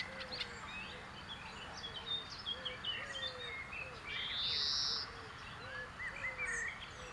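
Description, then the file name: European greenfinch giving one drawn-out, buzzy wheeze midway through, among busy twittering and a series of low, soft whistled notes. "Chloris chloris"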